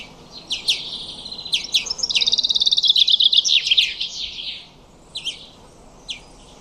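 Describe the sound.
Common chaffinch song: sharp opening notes, then a quick, regular trill sliding downward and ending in a flourish, with isolated high chips afterward.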